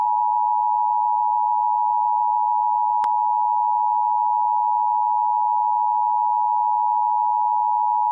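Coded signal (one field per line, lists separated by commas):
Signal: Emergency Alert System (SAME) tones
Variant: 853 and 960 Hz attention tone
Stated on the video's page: Fictional EAS scenario, simulated.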